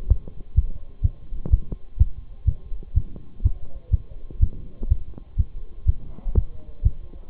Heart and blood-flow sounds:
heart sounds by stethoscope; between the tricuspid and mitral areas; 124 bpm
0.10 s: heartbeat
0.57 s: heartbeat
1.04 s: heartbeat
1.52 s: heartbeat
2.00 s: heartbeat
2.47 s: heartbeat
2.96 s: heartbeat
3.44 s: heartbeat
3.93 s: heartbeat
4.42 s: heartbeat
4.90 s: heartbeat
5.39 s: heartbeat
5.88 s: heartbeat
6.36 s: heartbeat
6.85 s: heartbeat
From the record:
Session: Bruce protocol treadmill stress test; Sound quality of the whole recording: partially saturated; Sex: male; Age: 23 years

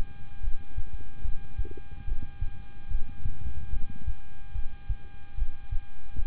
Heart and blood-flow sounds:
heart sounds by stethoscope; between the tricuspid and mitral areas; 73 bpm
0.41 s: heartbeat
1.22 s: heartbeat
2.05 s: heartbeat
2.88 s: heartbeat
3.70 s: heartbeat
4.52 s: heartbeat
5.35 s: heartbeat
6.16 s: heartbeat
From the record:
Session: rest, lying down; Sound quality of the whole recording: good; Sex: male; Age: 26 years

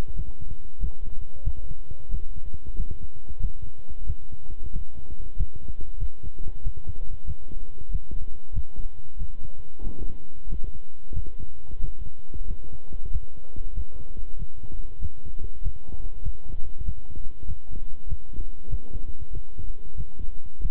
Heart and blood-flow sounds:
heart sounds by stethoscope; between the tricuspid and mitral areas; 94 bpm
0.14 s: heartbeat
0.79 s: heartbeat
1.42 s: heartbeat
2.09 s: heartbeat
2.75 s: heartbeat
3.39 s: heartbeat
4.05 s: heartbeat
4.71 s: heartbeat
5.36 s: heartbeat
5.98 s: heartbeat
6.62 s: heartbeat
7.25 s: heartbeat
7.89 s: heartbeat
8.52 s: heartbeat
9.17 s: heartbeat
9.81 s: heartbeat
10.47 s: heartbeat
11.12 s: heartbeat
11.79 s: heartbeat
12.45 s: heartbeat
13.10 s: heartbeat
13.73 s: heartbeat
14.37 s: heartbeat
14.99 s: heartbeat
15.61 s: heartbeat
16.21 s: heartbeat
16.84 s: heartbeat
17.45 s: heartbeat
18.06 s: heartbeat
18.68 s: heartbeat
19.31 s: heartbeat
19.95 s: heartbeat
20.60 s: heartbeat
From the record:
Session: walking at 3.7 km/h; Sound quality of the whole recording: good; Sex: male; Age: 26 years

